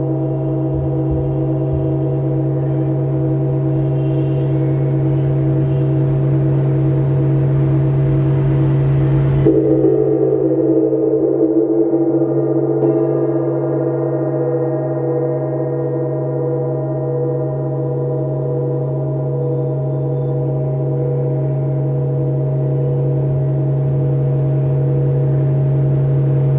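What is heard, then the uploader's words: Gongs hum with a deep, steady drone and a thick bank of sustained ringing tones above it. Near ten seconds a new stroke blooms and shifts the overtones, which then swell and shimmer slowly through the rest of the clip at an even loudness. Siddha Gongs : Sound Healing for Universal Cleansing & Prosperity | Wellness Vibe | BodhMarga.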